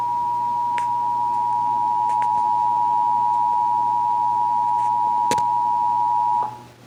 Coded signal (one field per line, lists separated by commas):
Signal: Emergency Alert System (SAME) tones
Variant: 853 and 960 Hz attention tone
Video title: (EAS #555-561) January 2024 Texas Required Monthly Test